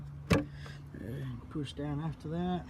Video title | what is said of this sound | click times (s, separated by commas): How-to-Install a Oil Catch Can on a 4th Gen Ram (2017 Rebel) | there's the clip let's do a little click push | 0.3 s